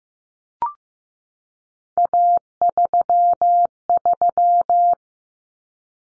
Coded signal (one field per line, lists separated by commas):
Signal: Morse code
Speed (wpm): 15 wpm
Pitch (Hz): 700 Hz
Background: none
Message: A33